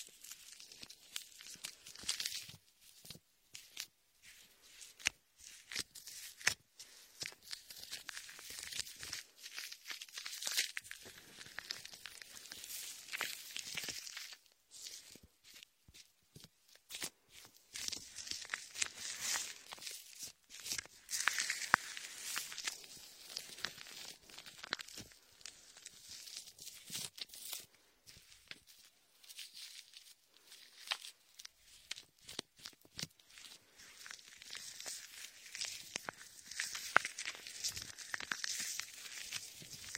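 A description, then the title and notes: Latex ear massage with shaving foam: dense, bright crackling, squishing and rubbing continue throughout, with irregular sharp clicks and brief quieter gaps. Latex ear massage with shaving foam for comfort.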